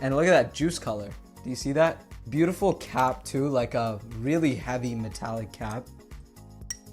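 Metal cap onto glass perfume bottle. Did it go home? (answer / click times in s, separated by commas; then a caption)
yes / 6.7 s. Someone talks over music while holding a Rasasi Hawas fragrance bottle, then pushes its heavy metallic cap back onto the glass perfume bottle. The cap snaps into place with a sharp click at 6.7 s, seated with a nice, satisfying click.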